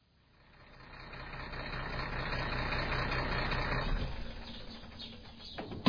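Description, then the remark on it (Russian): A truck drives through a gate and stops beside concrete blocks blocking the road; its engine swells into a steady, rumbling drone, then its pitch drops and settles into a lower idle, ending with a sharp clunk. “Грузовик проехал ворота и остановился возле бетонных блоков, перегораживающих дорогу.”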